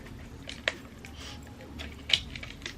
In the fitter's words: okay okay i'm liking these clicks lets me know it's nice and